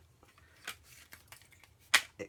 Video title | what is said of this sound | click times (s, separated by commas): Scrapbook Page Idea for Fall with Flourishes | clicks into place then | 1.9 s